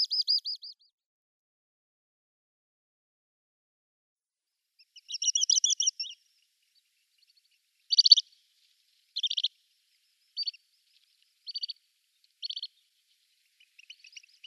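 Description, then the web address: Little stint song, high thin trilled bursts: a short trill, then a longer rolling one, followed by separate clipped chirps spaced about a second apart. Male in display flight. "Schulze Peter Little Stint"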